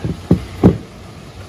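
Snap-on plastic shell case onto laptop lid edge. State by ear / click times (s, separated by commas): not seated / none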